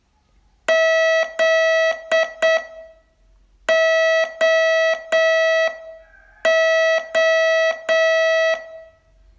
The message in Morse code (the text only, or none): ZOO